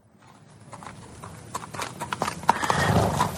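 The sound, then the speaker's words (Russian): Horse hooves clip-clop in a steady rhythm of sharp, hollow knocks, growing louder over a few seconds against a low rumbling background, as a rider on a black horse comes through the gates into a courtyard at midday. “Вера, услыхав шум лошадиных копыт в воротах, взглянула в окно”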